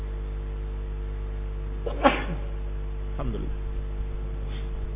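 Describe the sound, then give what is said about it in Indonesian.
A single sharp sneeze bursts out over a steady low hum, followed by a softer breathy sound a moment later, then quiet background noise. “Alhamdulillah. Hadikumullah sayfala.”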